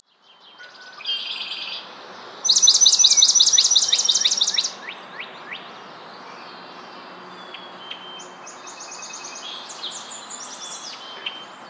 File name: Melospiza georgiana - Swamp Sparrow